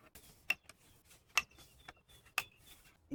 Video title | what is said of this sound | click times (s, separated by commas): Let's Do Some Body Work Mazda 6: Save Thousands Do Your Own Repairs! | Ensure you can hear the clicks inside. | 0.5 s, 1.4 s, 2.4 s